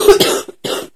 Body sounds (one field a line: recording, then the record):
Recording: coughing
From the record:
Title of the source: 30 Chesty and wet cough